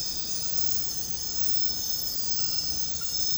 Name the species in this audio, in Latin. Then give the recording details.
none. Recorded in secondary vegetation near Puerto Asís, Putumayo, Colombia, on 18 February 2024 at 01:00. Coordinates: 0.468, -76.324. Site G6381